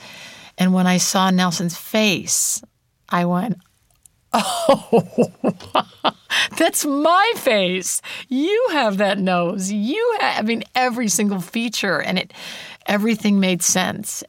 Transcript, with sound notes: And when I saw Nelson's face, I went, oh (laughter), that's my face. You have that nose. You have, I mean, every single feature. And everything made sense.